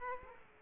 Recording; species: mosquito wingbeat signal from an infrared sensor; Aedes aegypti